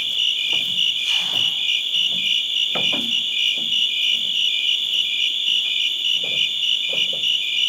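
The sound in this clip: Crickets in a high pulsing chorus throughout, with faint low knocks underneath.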